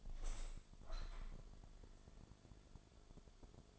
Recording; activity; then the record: daily activity, microphone in the room; open window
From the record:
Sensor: 5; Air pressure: 1000.5 hPa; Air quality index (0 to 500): 152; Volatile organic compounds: 2 ppm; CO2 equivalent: 1168 ppm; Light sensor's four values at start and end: 39/92/38/41 and 39/92/38/41